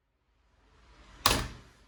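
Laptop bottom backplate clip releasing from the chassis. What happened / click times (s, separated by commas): A hidden panel clip snapped free / 1.3 s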